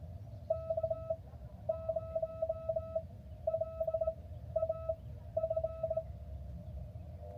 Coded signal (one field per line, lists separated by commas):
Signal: Morse code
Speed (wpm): 17 wpm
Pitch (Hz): 1300 Hz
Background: none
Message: K0LAF